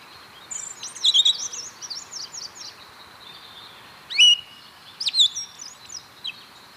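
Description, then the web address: Pale-eyed thrush delivering bursts of thin, high twittering notes and squeaky slurred whistles in irregular phrases, with soft background hiss. Ecuador. "Natures Songs S America Birds of Ecuador Pale-eyed Thrush"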